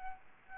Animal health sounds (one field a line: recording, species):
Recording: mosquito wingbeat signal from an infrared sensor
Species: Aedes albopictus